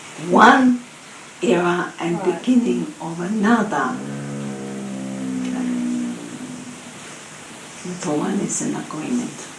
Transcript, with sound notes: one era and the beginning of another. (The dog groans again.) Little one is in agreement.